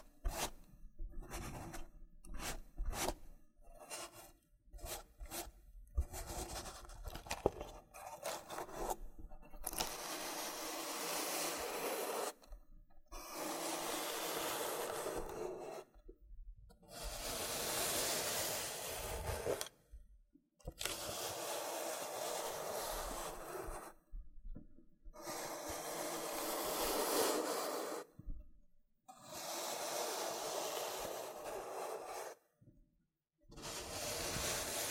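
Loofah scratching and peeling in a rough, raspy texture. The first ten seconds bring quick, choppy bursts with frequent brief gaps. After that come longer, denser scrubbing stretches of several seconds each, separated by short silences and a few sharp pops.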